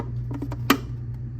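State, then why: Seated. A plastic lid is turned onto a film developing tank, with soft ticks at about 0.3, 0.4 and 0.5 seconds. A sharp, much louder click at 0.7 seconds marks the lid latching, so it is seated and won't come off.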